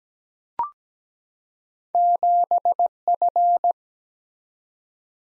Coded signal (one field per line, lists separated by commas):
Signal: Morse code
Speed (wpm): 17 wpm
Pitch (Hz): 700 Hz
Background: none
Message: 7 F